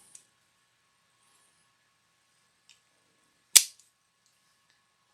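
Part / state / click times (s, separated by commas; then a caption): collet cartridge into bullet puller press head / seated / 3.6 s. A collet cartridge is pushed into the top of a Frankford Arsenal Pile Driver press-style bullet puller and snaps right in, with one loud, sharp, broadband snap at 3.6 s. Faint ticks come before it at about 0.2 s and 2.7 s, and the cartridge is seated.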